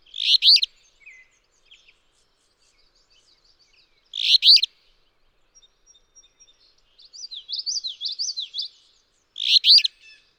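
Alder flycatcher delivering three coarse, buzzy phrases several seconds apart, with another bird's quick slurred warble before the last one.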